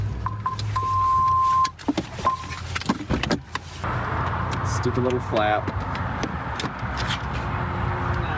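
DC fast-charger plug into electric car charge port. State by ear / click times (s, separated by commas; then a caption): not seated / none. A DC fast-charging connector is pushed into an electric car's charge port while someone talks, with a steady beep tone early on and a few brief knocks and taps around 2.8 to 3.6 seconds. Nothing has seated or clicked yet; there is no latching click, and the car does not recognise the plug.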